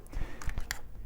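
With the ignition key turned one or two clicks to the right of off, the key is pushed in to release the glove box lid latch on the leg shield of a Vespa Primavera or Sprint scooter. A few faint ticks lead to a sharp click at 0.7 s as the latch pops and the glove box opens.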